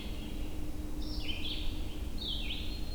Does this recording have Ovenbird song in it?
no